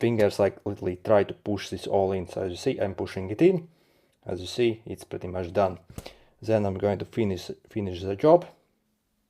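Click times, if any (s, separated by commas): none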